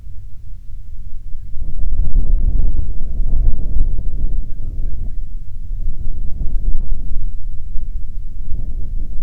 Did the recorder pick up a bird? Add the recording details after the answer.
yes. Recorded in the Prudhoe Bay oil fields, Alaska, on 29 June 2019 at 00:53. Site 22